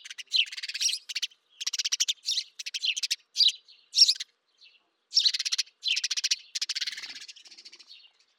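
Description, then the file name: House sparrow giving clustered harsh chirps and chatters in bursts, with a short quiet gap midway before the calling resumes and fades. "Passer domesticus"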